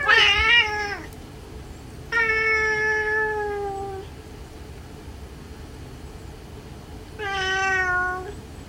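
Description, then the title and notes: Cat yowling in a fight: three long drawn-out wails, the first harsh and wavering, the next two steady and slowly falling, separated by quiet pauses. Two sibling tabby cats fighting at home; the younger cat quarrelled with its older brother and ran away at the end. "みやちゃんです♪ お兄ちゃんとけんかをしました"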